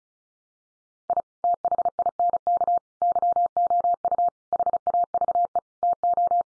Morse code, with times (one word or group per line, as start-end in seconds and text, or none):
1.1-1.2 I
1.4-2.8 THINK
3.0-4.3 YOU
4.5-5.6 HAVE
5.8-6.4 TO